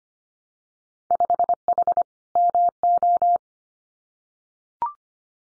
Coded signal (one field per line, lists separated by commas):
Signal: Morse code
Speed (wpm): 25 wpm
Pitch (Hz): 700 Hz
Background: none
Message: 5H MO